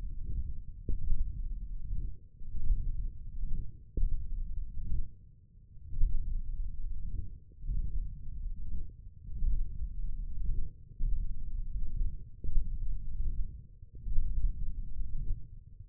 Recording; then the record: forearm muscle sounds (acoustic myography)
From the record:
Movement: thumb flexion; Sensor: system 1, eight BSWA MPA416 microphones around the upper forearm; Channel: 5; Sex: male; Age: 20 years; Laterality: left